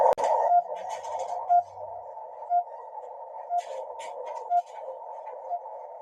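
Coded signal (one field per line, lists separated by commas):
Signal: radio time signal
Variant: RWM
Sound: short beeps once a second, six in all, over hissy shortwave static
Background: radio static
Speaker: Listen about what I mean time signal. Pretty good signal. RWM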